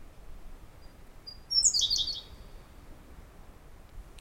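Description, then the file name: Siberian blue robin song: a thin, high whistled lead-in followed by a brief, tumbling, high-pitched trill, then quiet. "robin-siberian-blue -Larvivora-cyane"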